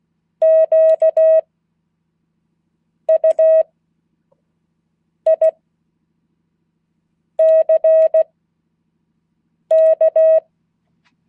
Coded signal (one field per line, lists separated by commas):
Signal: Morse code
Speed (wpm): 16 wpm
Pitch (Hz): 640 Hz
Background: none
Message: QUICK